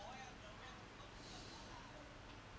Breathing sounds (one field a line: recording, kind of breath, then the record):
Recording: one breath in and out by a microphone near the nose and mouth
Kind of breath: normal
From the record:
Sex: male